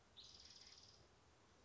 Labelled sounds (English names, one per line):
Spotted Towhee